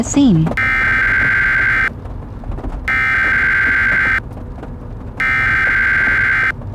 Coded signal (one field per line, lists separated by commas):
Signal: Emergency Alert System (SAME) tones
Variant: header bursts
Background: speech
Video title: EAS Scenario: Nuclear Sabotage